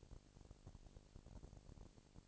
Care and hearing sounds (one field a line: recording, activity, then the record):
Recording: daily activity, microphone in the room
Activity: no activity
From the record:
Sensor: 5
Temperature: 19.8 degrees Celsius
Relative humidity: 36.7%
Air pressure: 997.0 hPa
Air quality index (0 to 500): 169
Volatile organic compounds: 14 ppm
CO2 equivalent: 2441 ppm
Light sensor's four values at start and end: 2/3/1/1 and 2/3/1/1